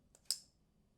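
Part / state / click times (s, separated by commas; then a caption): folding knife blade into its button lock / not seated / none. An Urban Tac Full Dress custom button-lock folding knife is deployed with the button released slowly: a faint tick at 0.2 s, then a sharp, bright metallic clack at 0.3 s as the steel blade strikes the pivot, ringing briefly before fading. The blade bounces back instead of locking open, so this is a failed deployment and nothing has locked yet.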